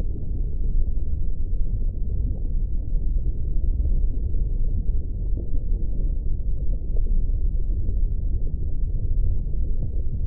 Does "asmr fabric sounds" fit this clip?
no